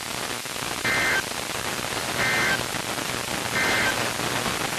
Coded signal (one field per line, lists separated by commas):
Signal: Emergency Alert System (SAME) tones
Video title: EAS 2204-2214 (3/16/23)